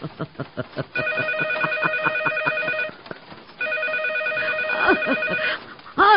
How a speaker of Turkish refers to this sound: Telefon.